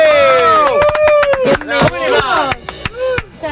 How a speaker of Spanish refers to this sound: un aplauso. ¡Aplausos!